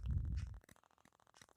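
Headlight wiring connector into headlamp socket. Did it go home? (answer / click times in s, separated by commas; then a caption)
no / none. A repaired plastic wiring connector is handled at the headlamp socket of an Espass headlight, to be pushed on until it locks so it won't come off on holey or uneven roads. A low, dull rumble fills the first 0.6 seconds, then faint, scattered light ticks and rustles follow. Nothing has seated or clicked yet.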